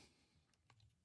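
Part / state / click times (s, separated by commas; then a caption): tilt axis lock lever on a handheld camera gimbal / not seated / none. After balancing the tilt axis of a DJI RS 3 Mini handheld camera gimbal, a hand works the plastic/metal tilt axis lock lever toward closed, making faint handling rustle with a few light taps around 0.5 and 0.7 seconds over a low hum. Nothing has seated or clicked yet.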